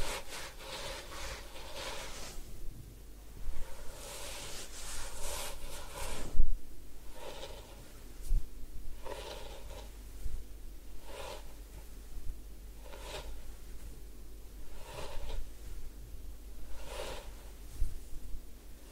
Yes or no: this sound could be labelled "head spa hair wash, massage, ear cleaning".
yes